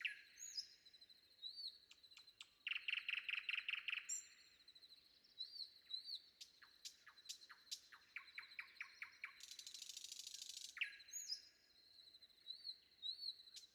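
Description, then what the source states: Common nightingale song with varied phrases: a fast rattling series of loud clicks, rapid separate chacking notes, a harsh buzzy burst, and high thin whistles between phrases. Sung before dawn.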